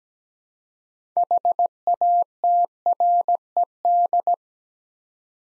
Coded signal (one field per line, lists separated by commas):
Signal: Morse code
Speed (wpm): 17 wpm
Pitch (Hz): 700 Hz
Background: none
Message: HATRED